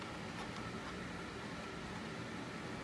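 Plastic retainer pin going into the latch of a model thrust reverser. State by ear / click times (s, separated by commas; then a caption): not seated / none. A 3D-printed plastic retainer pin is lined up, long side of the pin first, to be pushed behind the latch of a model thrust reverser on a model jet engine nacelle. Only a steady, even broadband hiss is heard throughout. Nothing has seated or clicked yet.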